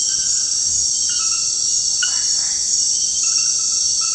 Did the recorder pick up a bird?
no